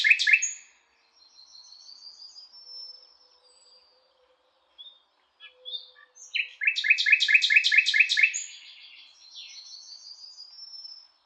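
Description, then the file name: Common nightingale song: a short loud burst, thin high whistled phrases, scattered quiet notes, then a fast loud repeated trill fading into soft high twitters. "Luscinia megarhynchos"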